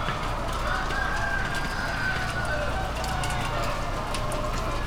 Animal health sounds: poultry house recording; healthy chickens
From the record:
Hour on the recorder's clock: 21

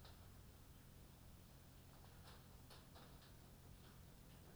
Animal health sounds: poultry house recording; no chicken sound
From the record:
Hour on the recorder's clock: 22

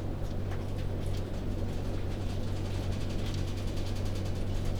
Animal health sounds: poultry house recording; no chicken sound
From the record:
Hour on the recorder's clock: 19

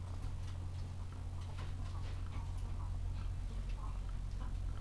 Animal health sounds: poultry house recording; sick chickens (respiratory disease)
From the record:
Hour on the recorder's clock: 13

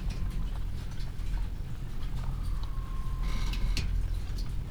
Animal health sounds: poultry house recording; healthy chickens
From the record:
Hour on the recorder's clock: 15

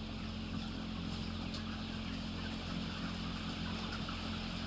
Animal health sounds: poultry house recording; healthy chickens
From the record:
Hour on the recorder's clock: 20

